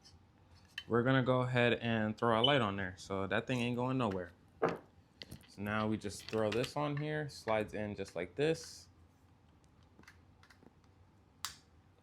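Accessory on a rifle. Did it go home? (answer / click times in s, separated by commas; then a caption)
yes / 11.5 s. Someone talks while an accessory is slid onto a Palmetto State Armory 7.5-inch 300 Blackout rifle, with a few faint scrapes and ticks around 9.6 to 10.5 seconds as it slides in. A loud, sharp click at 11.5 seconds marks the accessory locking into place on the rifle.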